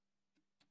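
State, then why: Not seated. During reassembly after periodic cleaning of a Stella 4000 oil burner on a Franco-Belge domestic boiler, a twist-in part is inserted into its hole and turned by hand. Two faint, short ticks are heard at about 0.4 and 0.6 s, the second brighter, over a low steady hum. The part is still being turned, and nothing has seated or clicked home yet.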